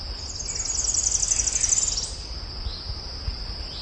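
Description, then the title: Tropical parula song, a high, fast buzzy trill lasting about two seconds that rises at the end, over a steady insect drone. "LuckyPassaro Completos2Sama. Tropical Parula (Setophaga pitiayumi)"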